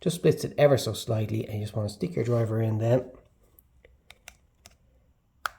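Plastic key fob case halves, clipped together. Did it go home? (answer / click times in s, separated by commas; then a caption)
released / 5.5 s. Someone talks while a flat screwdriver is twisted into the seam of a plastic Ford keyless key fob case to pry its two clipped-together halves apart for a battery replacement. After the talking, a few faint clicks come from handling the case, then a sharp snap at 5.5 seconds as the clip releases and the shell snaps open.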